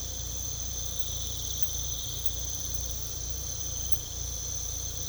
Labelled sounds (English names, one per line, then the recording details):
none
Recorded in pastures near Puerto Asís, Putumayo, Colombia, on 18 December 2024 at 02:30
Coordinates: 0.486, -76.323
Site GP01